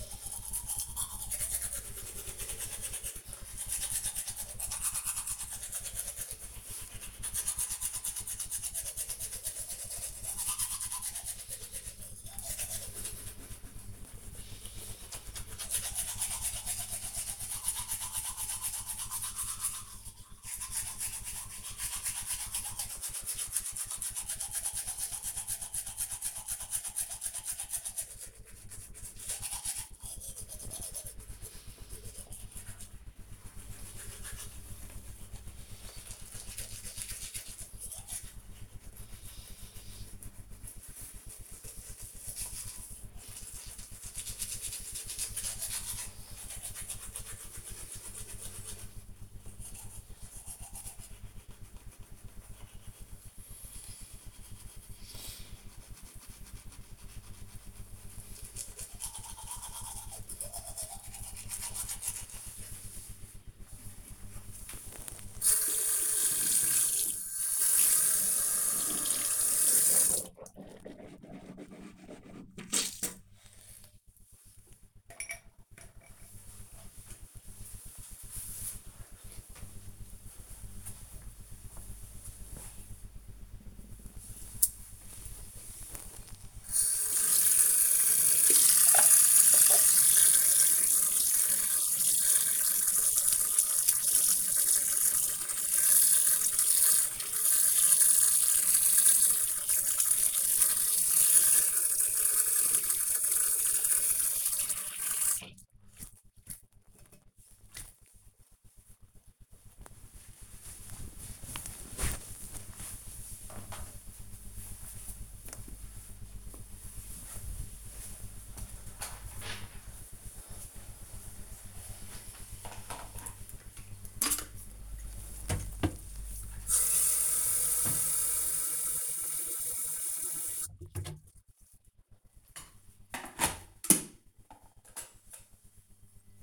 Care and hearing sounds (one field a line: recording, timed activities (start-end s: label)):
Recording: household activities, microphone on the right wrist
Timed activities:
0.00-74.06 s: brushing teeth
86.15-107.33 s: washing hands
124.48-136.43 s: making tea